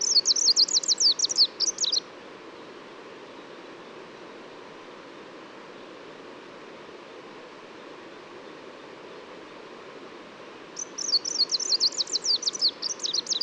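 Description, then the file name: Greenish warbler song: a fast, high, tumbling phrase at the start and a second one near the end, separated by a long quiet gap. Subspecies viridanus, recorded at Labská důl, Czech Republic, on 26 May 2018. "180526 BIO greenishw-viridanus-1-M-S cz labska-dul"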